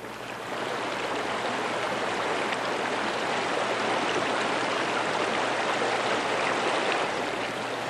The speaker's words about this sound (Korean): 백담사에 이르기까지 100개의 소가 저마다 아우성치며 흐르건만 그 소리가 아무리 높다 한들 만해의 통분보다 더했으랴.